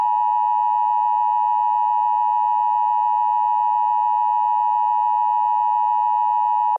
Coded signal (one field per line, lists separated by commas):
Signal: Emergency Alert System (SAME) tones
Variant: 853 and 960 Hz attention tone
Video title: EAS Scenario #1: WW3 Part 1: The Buildup